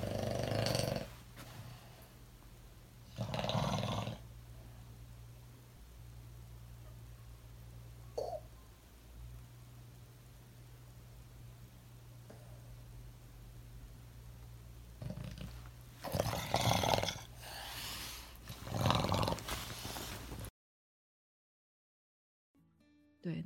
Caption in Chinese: 打呼、打呼、打呼，然后突然非常安静，安静了十几秒以后，狗狗再起来深呼吸，然后 伴随着一些很可怕的呼吸道的杂音。那这是典型的睡眠呼吸中止症。